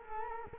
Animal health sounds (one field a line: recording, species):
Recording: mosquito wingbeat signal from an infrared sensor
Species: Culex quinquefasciatus